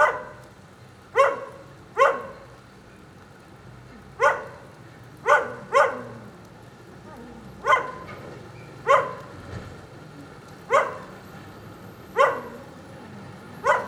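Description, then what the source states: Dog giving single barks spaced about a second or two apart, eleven in all. Lone dog in the rain during a thunderstorm at 9a. Avenida 414, Quezaltenango, Guatemala; storm ambience.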